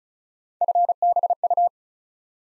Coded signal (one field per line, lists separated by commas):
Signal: Morse code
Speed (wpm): 36 wpm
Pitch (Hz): 700 Hz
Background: none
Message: FBU